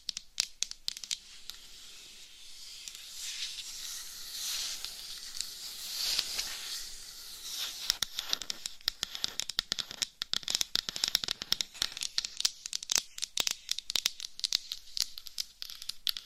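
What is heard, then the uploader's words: Soft scratching and rubbing with a steady bright hiss, then from about eight seconds dense, irregular sharp taps and crackles crowd in. ASMR Changing Triggers Every 30 Seconds Scratching , Tapping , Massage & More No Talking.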